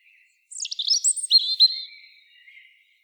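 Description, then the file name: European robin song, a high descending whistle leading into fast liquid warbled notes, then thin trailing tones. "Erithacus rubecula"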